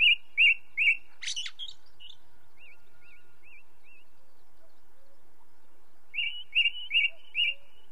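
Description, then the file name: Ring ouzel song: three loud fluty notes in a row, a harsh chattering burst, soft wavering whistles, then several more repeated fluty notes after a pause. Heard against a background of light nature noise. "belozobij drozd na fone legkij shum prirodi"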